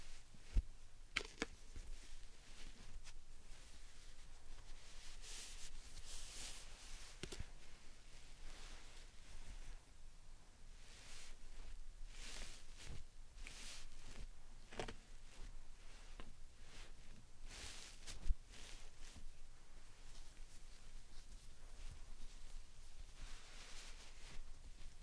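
Close, quiet handling of slime and sand in a small room: soft squishes, crackles and gritty rustles come in short, irregular bursts every second or so. Bright crisp crackles stand out around five to seven seconds, with two sharp taps near the start and at eighteen seconds.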